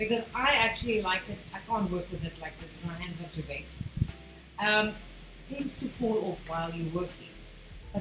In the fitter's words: this one seems to It has a click. Do you hear that? It has a click. Yeah.